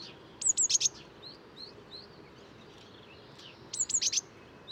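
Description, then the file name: Eurasian blue tit giving high thin descending notes run into fast buzzy chirps, twice about three seconds apart, several quiet rising notes in between, low steady hiss throughout. "Cyanistes caeruleus"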